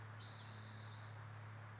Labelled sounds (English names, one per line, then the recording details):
Spotted Towhee
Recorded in Sonoma County, California